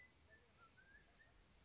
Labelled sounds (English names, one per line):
Mountain Quail